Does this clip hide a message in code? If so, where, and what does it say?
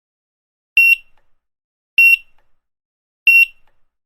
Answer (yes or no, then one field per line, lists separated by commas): no